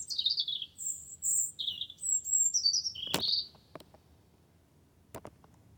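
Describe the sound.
Wren song, quick high sliding notes and chirps for about three seconds, followed by a few sharp clicks.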